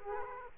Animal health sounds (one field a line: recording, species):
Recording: mosquito wingbeat signal from an infrared sensor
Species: Aedes aegypti